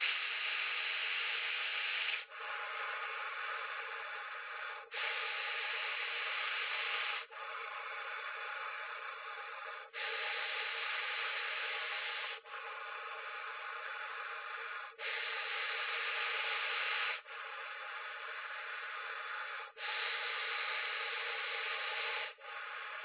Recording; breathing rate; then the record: paced breathing near a phone; 12 breaths a minute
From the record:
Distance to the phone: 20 cm